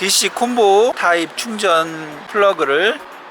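Someone talks while a DC combo charging plug is handled at an electric car's charging port, with no distinct mechanical sounds heard. Nothing has seated or clicked yet.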